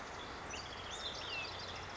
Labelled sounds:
Olive-sided Flycatcher
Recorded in Sonoma County, California

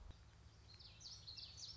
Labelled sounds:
Common Yellowthroat
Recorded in Sonoma County, California

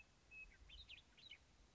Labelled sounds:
Western Meadowlark
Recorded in Sonoma County, California

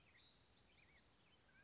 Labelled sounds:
Mountain Quail
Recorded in Sonoma County, California

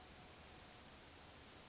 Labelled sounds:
Brown Creeper
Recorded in Sonoma County, California

